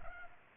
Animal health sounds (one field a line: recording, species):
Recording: mosquito wingbeat signal from an infrared sensor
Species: Culex pipiens